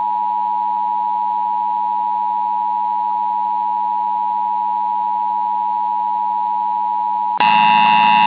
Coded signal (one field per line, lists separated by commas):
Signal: Emergency Alert System (SAME) tones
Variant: 853 and 960 Hz attention tone